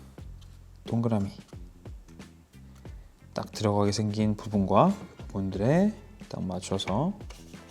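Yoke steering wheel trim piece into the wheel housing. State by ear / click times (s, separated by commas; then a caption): not seated / none. A Tesla Model YL Zen Grey yoke steering wheel trim piece is lined up on its matching tabs to be pressed into the wheel housing, with light handling taps and rustles while someone talks over background music. Nothing has seated or clicked yet.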